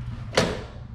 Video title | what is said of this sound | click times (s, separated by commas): 💥MUST KNOW BEFORE YOU BUY💥 - Minn Kota Terrova (iPilot + Mega DI) | listen right here this will pop into place | 0.4 s